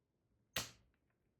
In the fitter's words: and then slide the arm onto the connector with a satisfying click.